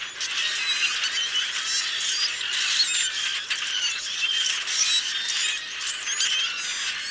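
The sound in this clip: Common grackle chorus: a steady, dense mix of wheezy squeals, creaks and chattering notes from many birds at once.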